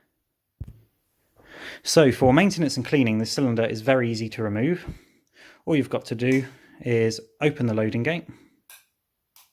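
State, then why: Seated. Someone talks, then the hammer of an Uberti American Buntline .44 Magnum single-action revolver (1873 Cattleman) is drawn back to half-cock to free the cylinder for removal. Two distinct metal-on-metal clicks come at 8.7 s and 9.4 s as the hammer seats into the half-cock notch of the lockwork.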